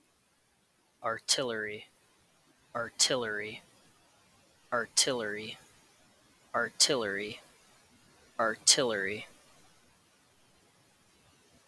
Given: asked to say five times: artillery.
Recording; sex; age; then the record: repeated word; male; 30 to 39 years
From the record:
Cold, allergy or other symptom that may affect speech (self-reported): no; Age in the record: 37 years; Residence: Wisconsin, United States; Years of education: 16